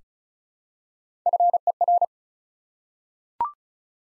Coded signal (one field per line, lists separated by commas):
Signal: Morse code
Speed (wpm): 36 wpm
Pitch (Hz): 700 Hz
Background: none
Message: FER